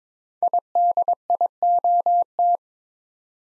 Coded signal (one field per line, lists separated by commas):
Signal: Morse code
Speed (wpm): 22 wpm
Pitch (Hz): 700 Hz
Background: none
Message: IDIOT